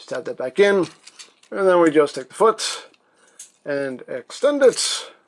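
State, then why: Not seated. Someone talks while handling a plastic transforming robot figure, a Legendary Optimus Prime from the Bumblebee movie, as the foot section is about to be extended from its leg, with faint plastic handling sounds between the words. The foot has not clicked into place; nothing has seated yet.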